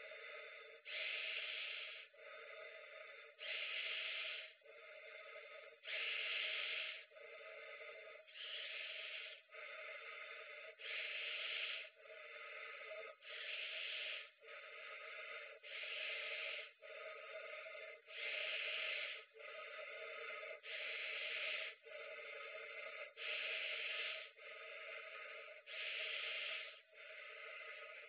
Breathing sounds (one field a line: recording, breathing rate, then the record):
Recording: paced breathing near a phone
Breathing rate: 24 breaths a minute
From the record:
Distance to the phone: 20 cm